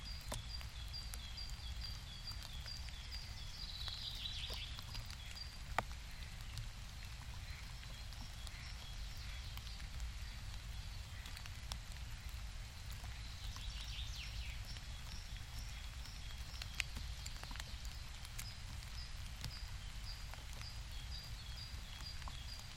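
Rain falls steadily throughout, a dense, even hiss over a low rumble, with occasional sharper drops ticking, notably around six and seventeen seconds. Faint high chirping, likely birds, rises briefly near four and fourteen seconds.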